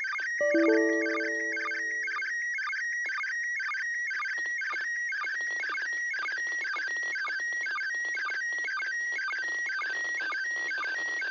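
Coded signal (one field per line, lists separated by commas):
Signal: SSTV (slow-scan television)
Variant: PD 120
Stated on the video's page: SSTV image from the ISS during Expedition 63, received in grid square OI91ik.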